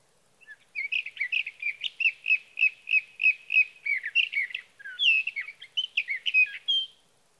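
Sage thrasher sings a long series of quick, repeated chirping notes, which then breaks into varied, slurred warbling phrases.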